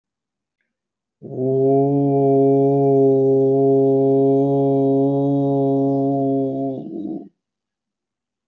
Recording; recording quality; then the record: sustained vowel as in boot; excellent, no background noise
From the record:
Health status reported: healthy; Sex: male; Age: 58 years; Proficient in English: yes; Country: India